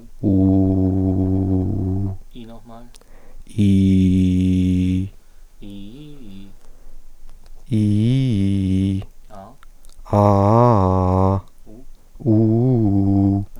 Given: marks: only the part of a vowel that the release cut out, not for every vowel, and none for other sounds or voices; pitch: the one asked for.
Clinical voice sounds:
sustained vowels; male; 20 to 29 years; 0; 0; 0
0.33-2.03 s: vowel /u/, low pitch
3.64-4.94 s: vowel /i/, low pitch
7.78-8.65 s: vowel /i/, low-high-low pitch
10.20-11.18 s: vowel /a/, low-high-low pitch
12.33-13.32 s: vowel /u/, low-high-low pitch
From the record:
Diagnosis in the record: healthy voice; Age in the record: 25 years

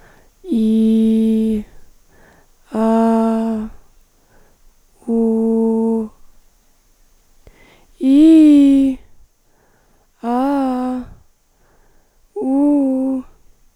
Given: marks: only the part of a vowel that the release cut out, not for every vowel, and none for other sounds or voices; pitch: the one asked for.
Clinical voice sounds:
sustained vowels; female; 20 to 29 years; 1; 1; 1
0.62-1.50 s: vowel /i/, low pitch
2.83-3.54 s: vowel /a/, low pitch
5.14-5.99 s: vowel /u/, low pitch
8.09-8.86 s: vowel /i/, low-high-low pitch
10.28-10.98 s: vowel /a/, low-high-low pitch
12.45-13.15 s: vowel /u/, low-high-low pitch
From the record:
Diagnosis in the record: hyperfunctional dysphonia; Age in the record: 21 years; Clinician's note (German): Ponogen, mit Phonationsverdickungen bds

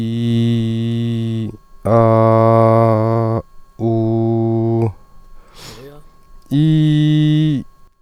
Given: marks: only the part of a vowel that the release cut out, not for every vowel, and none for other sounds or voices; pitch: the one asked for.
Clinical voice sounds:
sustained vowels; male; 30 to 39 years; 0; 0; 0
0.00-1.35 s: vowel /i/, normal pitch
2.06-3.29 s: vowel /a/, normal pitch
3.89-4.79 s: vowel /u/, normal pitch
6.60-7.48 s: vowel /i/, high pitch
From the record:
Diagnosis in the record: healthy voice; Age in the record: 38 years

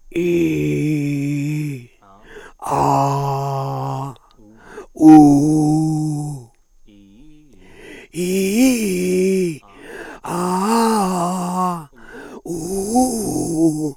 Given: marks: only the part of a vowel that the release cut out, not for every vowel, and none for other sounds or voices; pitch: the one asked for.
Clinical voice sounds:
sustained vowels; male; 60 to 69 years; 3; 3; 2
0.79-1.60 s: vowel /i/, low pitch
2.89-3.95 s: vowel /a/, low pitch
5.25-6.14 s: vowel /u/, low pitch
8.31-9.42 s: vowel /i/, low-high-low pitch
10.42-11.59 s: vowel /a/, low-high-low pitch
12.63-13.56 s: vowel /u/, low-high-low pitch
From the record:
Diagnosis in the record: frontolateral partial laryngectomy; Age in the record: 67 years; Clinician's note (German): Zustand danach ; 1. Aufnahme prä OP

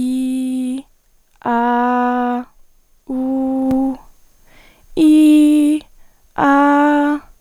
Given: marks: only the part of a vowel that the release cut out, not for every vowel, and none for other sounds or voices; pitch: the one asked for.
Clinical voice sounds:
sustained vowels; female; 18 to 19 years; 0; 0; 0
0.00-0.69 s: vowel /i/, normal pitch
1.52-2.32 s: vowel /a/, normal pitch
3.14-3.70 s: vowel /u/, normal pitch
5.05-5.71 s: vowel /i/, high pitch
6.56-7.08 s: vowel /a/, high pitch
From the record:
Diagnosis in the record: healthy voice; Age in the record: 19 years

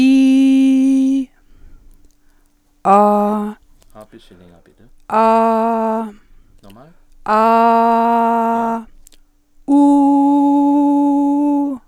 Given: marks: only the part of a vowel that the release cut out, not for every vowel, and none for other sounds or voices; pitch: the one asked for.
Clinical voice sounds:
sustained vowels; female; 60 to 69 years; 0; 0; 0
0.00-1.13 s: vowel /i/, normal pitch
7.55-8.28 s: vowel /a/, normal pitch
10.10-11.52 s: vowel /u/, normal pitch
From the record:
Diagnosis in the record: healthy voice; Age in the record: 61 years

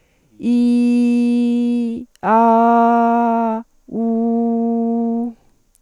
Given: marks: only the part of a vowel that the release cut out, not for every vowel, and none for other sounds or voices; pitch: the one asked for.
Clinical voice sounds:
sustained vowels; female; 40 to 49 years; 0; 0; 0
0.51-1.89 s: vowel /i/, low-high-low pitch
2.30-3.48 s: vowel /a/, low-high-low pitch
4.00-5.20 s: vowel /u/, low-high-low pitch
From the record:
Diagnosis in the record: recurrent laryngeal nerve paralysis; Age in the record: 46 years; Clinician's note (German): Links, kompensiert

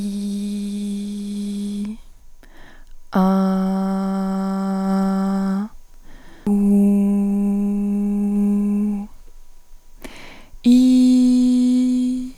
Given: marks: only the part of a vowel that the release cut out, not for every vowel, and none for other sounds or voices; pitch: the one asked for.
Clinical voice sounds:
sustained vowels; female; 20 to 29 years; 1; 0; 1
0.00-1.78 s: vowel /i/, normal pitch
3.27-5.19 s: vowel /a/, normal pitch
6.79-8.79 s: vowel /u/, normal pitch
10.73-12.09 s: vowel /i/, high pitch
From the record:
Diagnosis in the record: healthy voice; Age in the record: 20 years

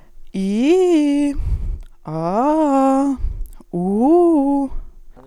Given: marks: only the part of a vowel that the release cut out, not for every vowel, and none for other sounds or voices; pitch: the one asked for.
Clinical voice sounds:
sustained vowels; female; 20 to 29 years; 0; 0; 0
0.39-1.24 s: vowel /i/, low-high-low pitch
2.15-3.03 s: vowel /a/, low-high-low pitch
3.78-4.58 s: vowel /u/, low-high-low pitch
From the record:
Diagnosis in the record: healthy voice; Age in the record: 23 years

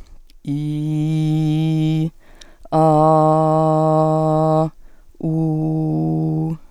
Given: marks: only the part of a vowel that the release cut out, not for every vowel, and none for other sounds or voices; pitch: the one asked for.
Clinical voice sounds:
sustained vowels; female; 20 to 29 years; 0; 0; 0
0.62-1.93 s: vowel /i/, low pitch
3.09-4.51 s: vowel /a/, low pitch
5.40-6.37 s: vowel /u/, low pitch
From the record:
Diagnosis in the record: healthy voice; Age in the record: 25 years

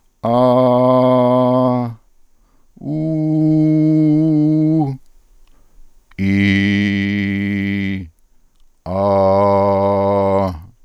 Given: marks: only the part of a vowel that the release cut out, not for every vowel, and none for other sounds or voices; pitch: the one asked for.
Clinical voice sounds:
sustained vowels; male; 50 to 59 years; 1; 1; 0
0.30-1.77 s: vowel /a/, high pitch
3.09-4.74 s: vowel /u/, high pitch
6.25-7.86 s: vowel /i/, low pitch
9.12-10.26 s: vowel /a/, low pitch
From the record:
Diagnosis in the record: Reinke's edema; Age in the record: 58 years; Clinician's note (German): Rechts, Zustand nach Abtragung, sehr unregelmäßige Konfiguration, alte Rec.par. links

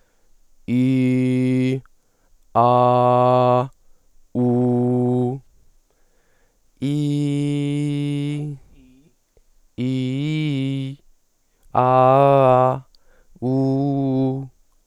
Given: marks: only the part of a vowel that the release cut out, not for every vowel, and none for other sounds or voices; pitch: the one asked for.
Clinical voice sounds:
sustained vowels; male; 20 to 29 years; 0; 0; 0
0.75-1.71 s: vowel /i/, low pitch
2.61-3.57 s: vowel /a/, low pitch
4.40-5.28 s: vowel /u/, low pitch
9.84-10.82 s: vowel /i/, low-high-low pitch
11.81-12.68 s: vowel /a/, low-high-low pitch
13.47-14.30 s: vowel /u/, low-high-low pitch
From the record:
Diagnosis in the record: healthy voice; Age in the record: 20 years

